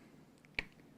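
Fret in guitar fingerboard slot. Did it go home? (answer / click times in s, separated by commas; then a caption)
released / 0.6 s. During a re-fret of a 1976 USA Fender Stratocaster, the end of an old metal fret is levered out of its slot in the rosewood fingerboard. A sharp, bright click at 0.6 s stands out over faint ticks, confirming the fret end has come loose and started to lift.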